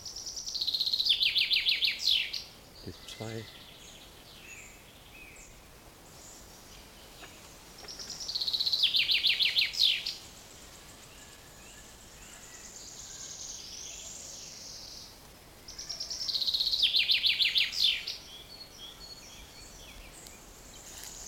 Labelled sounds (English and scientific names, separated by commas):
Common Chaffinch (Fringilla coelebs)